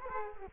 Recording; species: mosquito wingbeat signal from an infrared sensor; Culex quinquefasciatus